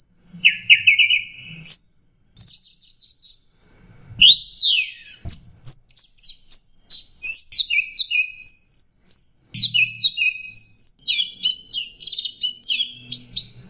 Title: Burung Anis Merah